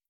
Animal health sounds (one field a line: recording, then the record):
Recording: hydrophone in a shrimp aquaculture tank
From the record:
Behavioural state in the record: starved